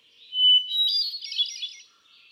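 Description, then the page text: Hermit thrush song: a pure held whistle leads into a higher, shimmering run of rapid flute notes, ending softly. Male singing, cycling through a repertoire of about ten different songs; recorded 13 June 2006 at Quabbin Park, Ware, Massachusetts. "Birdsong for the Curious Naturalist. Hermit thrush"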